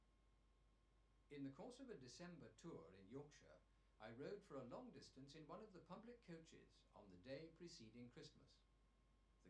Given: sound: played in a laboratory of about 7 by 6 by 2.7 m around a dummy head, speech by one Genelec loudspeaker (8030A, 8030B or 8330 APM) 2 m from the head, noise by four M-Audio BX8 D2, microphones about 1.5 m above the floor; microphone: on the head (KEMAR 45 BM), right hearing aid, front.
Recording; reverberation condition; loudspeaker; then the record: male speech in English; low; behind (180 degrees)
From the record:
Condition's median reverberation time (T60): about 310 ms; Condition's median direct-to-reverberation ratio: about 3.5 dB